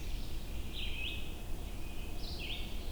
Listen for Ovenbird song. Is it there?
no